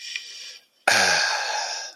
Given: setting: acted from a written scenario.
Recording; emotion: vocal sound without words; contentment